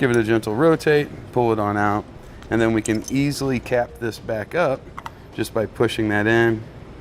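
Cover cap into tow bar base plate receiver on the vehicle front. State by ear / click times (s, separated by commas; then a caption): not seated / none. A cover cap for a Demco Tabless base plate receiver on the front of a 2018 Jeep Cherokee is handled after the removable tow bar arm is rotated and pulled out. Someone talks throughout while the cap is pushed into the receiver and rotated. Nothing has clicked or seated yet.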